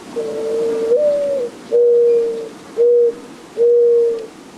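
Mourning Dove song: a drawn-out low coo that lifts briefly, followed by three shorter level coos spaced roughly a second apart.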